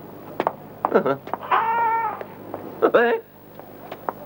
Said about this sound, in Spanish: Mira. Un gatito. Y es precioso.